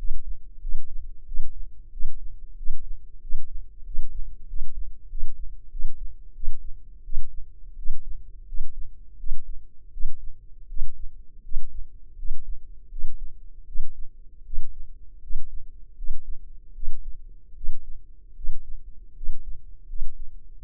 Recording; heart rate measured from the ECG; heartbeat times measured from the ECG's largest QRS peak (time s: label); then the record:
heart sounds by microphone in the left ear; 84 bpm
0.60 s: heartbeat
1.25 s: heartbeat
1.91 s: heartbeat
2.56 s: heartbeat
3.20 s: heartbeat
3.84 s: heartbeat
4.47 s: heartbeat
5.08 s: heartbeat
5.70 s: heartbeat
6.33 s: heartbeat
7.03 s: heartbeat
7.76 s: heartbeat
8.46 s: heartbeat
9.17 s: heartbeat
9.91 s: heartbeat
10.67 s: heartbeat
11.42 s: heartbeat
12.16 s: heartbeat
12.89 s: heartbeat
13.66 s: heartbeat
14.44 s: heartbeat
15.21 s: heartbeat
15.95 s: heartbeat
16.73 s: heartbeat
17.54 s: heartbeat
18.34 s: heartbeat
19.14 s: heartbeat
19.87 s: heartbeat
20.57 s: heartbeat
From the record:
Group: healthy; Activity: cold pressor test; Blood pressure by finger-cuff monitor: 143/84 mmHg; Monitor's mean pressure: 101 mmHg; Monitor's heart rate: 81 bpm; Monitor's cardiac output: 6.9 L/min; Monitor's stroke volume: 84 mL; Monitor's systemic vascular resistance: 1120 dyn s/cm5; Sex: male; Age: 21 years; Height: 180 cm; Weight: 67.5 kg